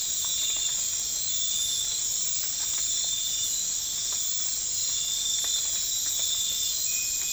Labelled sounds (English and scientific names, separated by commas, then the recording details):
none
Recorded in dense forest near Puerto Asís, Putumayo, Colombia, on 19 March 2025 at 00:30
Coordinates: 0.485, -76.318
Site G056